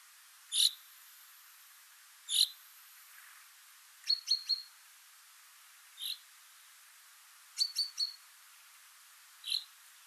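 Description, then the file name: Common chaffinch calling with brief bright notes, some single, some in quick clusters of two or three, at irregular intervals over faint hiss. "Fringilla coelebs"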